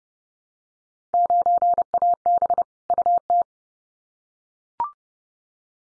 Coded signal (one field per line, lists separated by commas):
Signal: Morse code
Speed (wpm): 30 wpm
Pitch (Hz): 700 Hz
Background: none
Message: 9AB UT